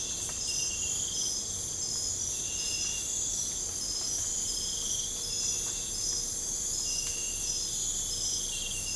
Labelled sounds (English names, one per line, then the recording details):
none
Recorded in pastures near Puerto Asís, Putumayo, Colombia, on 21 December 2024 at 03:30
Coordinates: 0.496, -76.326
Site G004